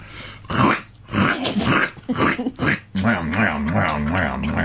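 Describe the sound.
A person vocally imitates a horse eating an apple as part of a sketch in a show: a run of rough, breathy crunching and snorting bursts, then a steadier wavering, throaty grunt, fairly loud, with no words.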